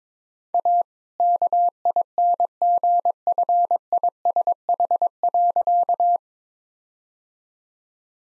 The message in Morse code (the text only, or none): A KINGFISH.